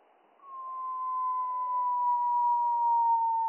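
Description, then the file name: Spotted flycatcher song as a single long pure tone, low and steady, drifting slightly downward for about three seconds. Slowed down by three octaves; mono recording. "GOBE MOUCHE GRIS"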